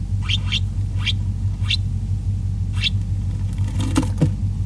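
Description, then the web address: Autumn yellow-winged grasshopper making dry crackling snaps, a few widely spaced clicks then a quick cluster near the end, over a steady low hum. "arphia xanthoptera"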